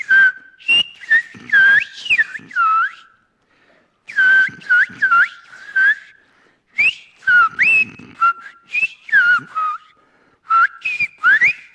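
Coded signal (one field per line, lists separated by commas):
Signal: whistled language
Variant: Sfyria (Greek)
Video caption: [σφυρίγματα] [σφυρίγματα] [σφυρίγματα]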